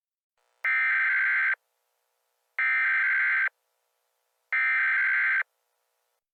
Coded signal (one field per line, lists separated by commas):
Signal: Emergency Alert System (SAME) tones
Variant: header bursts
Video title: EAS Scenario: An Explosive Hell